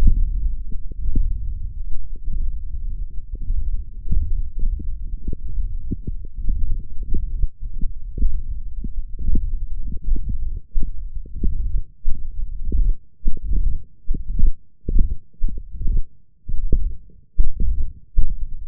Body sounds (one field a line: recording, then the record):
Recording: forearm muscle sounds (acoustic myography)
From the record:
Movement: index flexion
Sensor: system 1, eight BSWA MPA416 microphones around the upper forearm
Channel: 5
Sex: male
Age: 21 years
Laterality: right